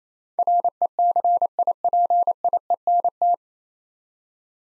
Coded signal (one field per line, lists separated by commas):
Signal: Morse code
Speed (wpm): 27 wpm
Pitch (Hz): 700 Hz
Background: none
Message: RECIPIENT